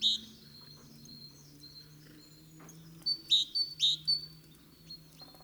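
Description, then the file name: Great tit: one high note at the start, then a short run of clear, ringing notes midway, over a soft background hum. "Parus major"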